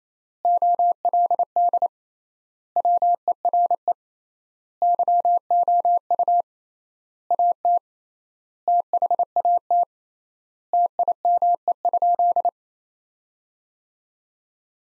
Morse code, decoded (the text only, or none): OLD WERE YOU AT THAT TIME?